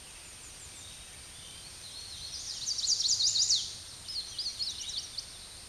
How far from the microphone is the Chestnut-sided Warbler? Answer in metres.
about 15 m